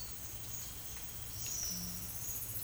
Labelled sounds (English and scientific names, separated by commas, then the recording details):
none
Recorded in dense forest near Puerto Asís, Putumayo, Colombia, on 19 March 2025 at 10:00
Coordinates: 0.484, -76.317
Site G064